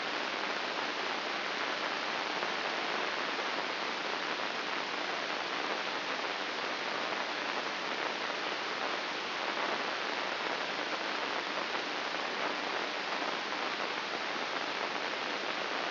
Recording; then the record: brain microelectrode recording played as sound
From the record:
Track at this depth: inside the subthalamic nucleus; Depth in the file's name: 5.083 mm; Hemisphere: left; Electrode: 2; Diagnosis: Parkinson's disease